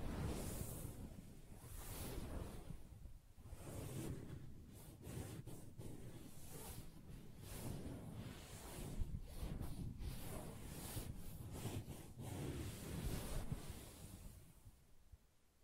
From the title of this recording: Soft Fabric Surface Tapping & Scratching